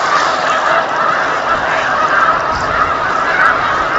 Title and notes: snow geese on Lake Champlain, November 2018